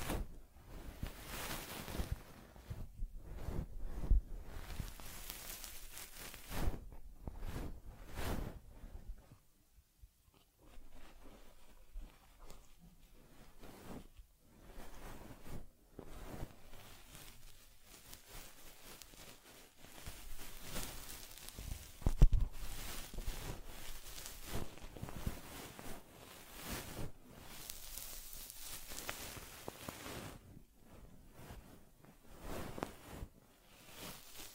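Fur combing on a teddy: bursts of soft, scratchy brushing strokes, some quick and clustered, others longer, spread unevenly through the clip. A quieter stretch falls around ten to thirteen seconds, and a few sharp soft taps stand out near four and twenty-two seconds.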